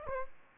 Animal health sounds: mosquito wingbeat signal from an infrared sensor; Aedes aegypti

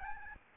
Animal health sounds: mosquito wingbeat signal from an infrared sensor; Aedes albopictus

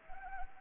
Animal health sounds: mosquito wingbeat signal from an infrared sensor; Anopheles gambiae

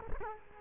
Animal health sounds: mosquito wingbeat signal from an infrared sensor; Culex quinquefasciatus

